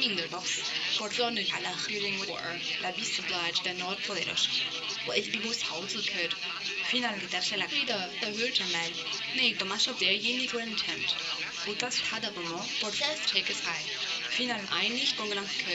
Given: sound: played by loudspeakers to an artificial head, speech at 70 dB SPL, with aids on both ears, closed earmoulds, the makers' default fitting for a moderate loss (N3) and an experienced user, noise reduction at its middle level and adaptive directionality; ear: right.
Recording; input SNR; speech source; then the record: speech test signal (ISTS) in cocktail-party noise; +6 dB; in front (0 degrees)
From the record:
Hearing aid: class 1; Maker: A